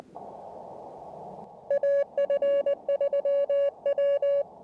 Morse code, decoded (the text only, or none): AF3W